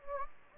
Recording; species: mosquito wingbeat signal from an infrared sensor; Anopheles gambiae